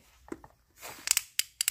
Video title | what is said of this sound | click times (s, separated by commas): Thanh lý nhanh lô bóng đèn hàng bãi nhật, ví da, đồng hô và thắt lưng, hàng hot TREND | nghe tiếng khóa là đã thấy sướng đâu nha | 1.4 s, 1.6 s